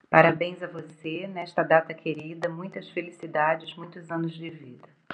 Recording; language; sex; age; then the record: short text; Brazilian Portuguese; female; 50 to 59 years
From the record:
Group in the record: control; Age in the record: 50 years